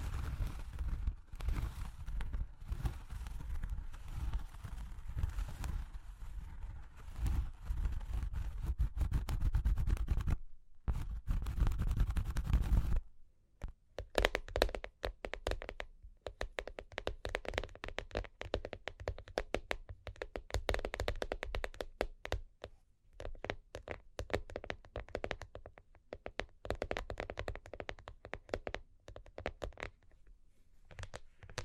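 Cork and wood are tapped and scratched. For the first thirteen seconds a dense, low, thumping rub runs with a brief gap near ten seconds. After that come sparse, brighter ticks and scrapes at an irregular, fairly quick pace, with short quiet gaps.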